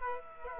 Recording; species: mosquito wingbeat signal from an infrared sensor; Culex quinquefasciatus